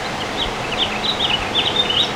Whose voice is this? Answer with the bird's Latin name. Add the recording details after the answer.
Haemorhous mexicanus. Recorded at Patchogue on Long Island, New York, on 21 June 2013. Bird G